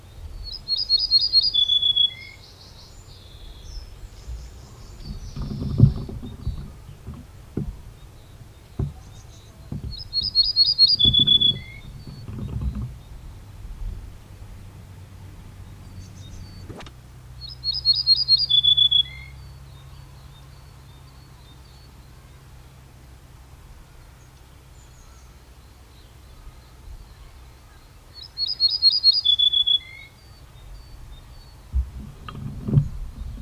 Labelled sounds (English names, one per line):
Ortolan Bunting song